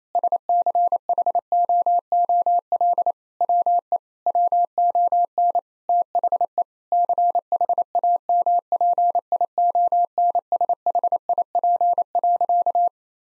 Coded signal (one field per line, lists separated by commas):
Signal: Morse code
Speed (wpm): 28 wpm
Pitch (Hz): 700 Hz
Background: none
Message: SCHOOL WE WON THE CHAMPIONSHIP.